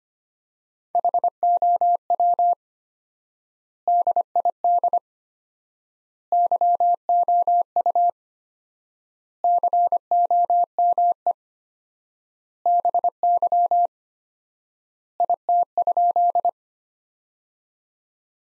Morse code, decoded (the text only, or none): HOW DID YOU COME BY IT?